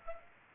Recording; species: mosquito wingbeat signal from an infrared sensor; Aedes aegypti